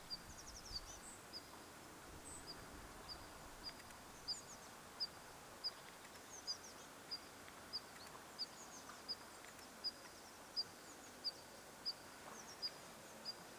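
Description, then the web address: Pipit alarm call, a sharp high thin tick given over and over at an even pace, against faint steady background hiss. Alarm calling at a breeding site, 24 July 2026; identification uncertain. "paivat 24 7 2026 onkohan tuo niittymetsakirvisen huomioaantelya aanitetty pesimapaikalla tanaan"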